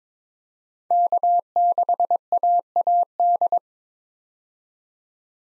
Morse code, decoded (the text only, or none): K6AAD